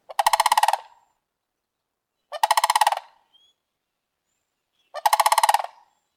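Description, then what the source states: Crane rolling calls: three harsh, rattling bursts of rapid pulses, each under a second long, repeated about every two and a half seconds, with silence between. Cranes calling to each other to share their locations, often while flying; among migratory birds returning to New Mexico as the weather warms.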